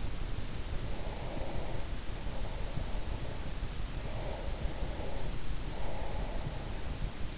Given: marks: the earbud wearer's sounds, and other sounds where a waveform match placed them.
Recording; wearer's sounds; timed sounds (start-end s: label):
sounds in sleep by an in-ear microphone; breath
0.92-3.76 s: breath
4.51-6.99 s: breath